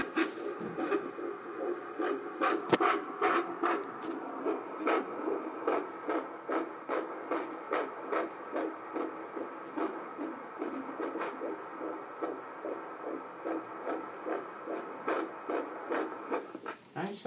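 Rapid, steady pulsing beats at roughly 146 a minute, each a soft whooshing thump, over a constant low hum. The rhythm is a fast, fairly regular heartbeat.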